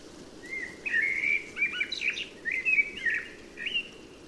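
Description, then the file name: Common blackbird song: a leisurely sequence of mellow warbled phrases with brief higher chuckling notes in the middle, over soft background hiss. "Turdus merula"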